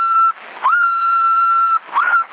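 A person whistles into a CB radio microphone on a CB radio in Sassari, January 2007: three steady, mid-pitched notes, the longer ones sliding up into a held tone, with narrow-band radio hiss between them.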